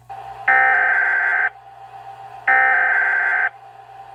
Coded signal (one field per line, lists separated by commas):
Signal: Emergency Alert System (SAME) tones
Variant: header bursts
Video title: EAS #1 (TOR)